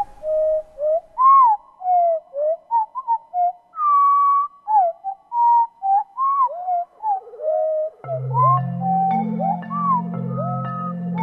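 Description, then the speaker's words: Winter wren song slowed far down into mellow whistled notes that slur up and down, with a low droning hum joining in the final seconds. Song of a tiny 10-gram wren, slowed down far enough that it sounds like a humpback whale. "you take a tiny little 10-gram wren and slow it down far enough, it starts to sound like a humpback whale."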